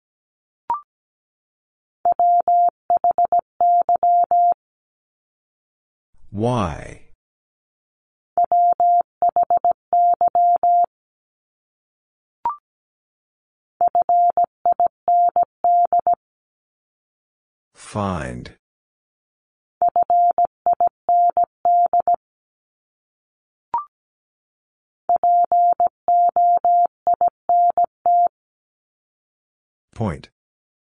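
A word is sent in Morse code as a steady mid-pitched beeping tone, keyed in four bursts of short and long dots and dashes, each lasting about two to three seconds. A short click precedes some bursts, and a brief spoken word or noise falls between several of them.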